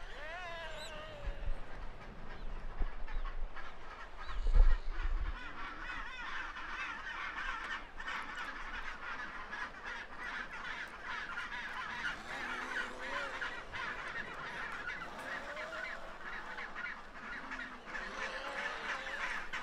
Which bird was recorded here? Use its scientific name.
Pygoscelis antarcticus